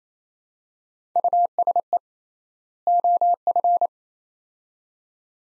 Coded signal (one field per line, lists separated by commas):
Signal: Morse code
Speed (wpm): 28 wpm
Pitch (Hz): 700 Hz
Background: none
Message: USE OF